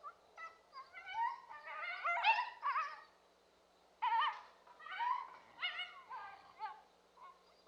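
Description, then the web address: Coyote giving a burst of wavering, yelping calls and short yips, a brief pause, then another bout of quavering yelps. Western North America. "Dan Gibson Wildlife Identification By Sound, Western North America. Coyote"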